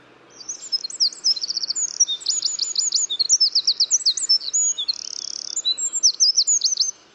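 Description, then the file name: Eurasian wren song: piercing high notes tumbling into quick repeated trills and a buzzy rattle, sustained for several seconds over soft background noise. "Troglodytes troglodytes"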